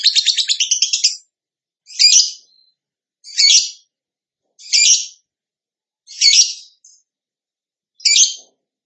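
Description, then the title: Bird song with a quick buzzy trill, then brief high rasping bursts repeated about every one and a half seconds. Master recording for training cage birds; lively (gacor) singer in the tembakan style. "Masteran Burung Tembakan Gacor"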